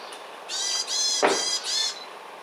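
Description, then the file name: Varied tit giving a few harsh, buzzy notes in quick succession, with a sharp knock in the middle. "Parus varius"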